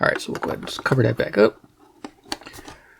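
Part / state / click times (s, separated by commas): battery compartment cover on a portable radio / seated / 2.3 s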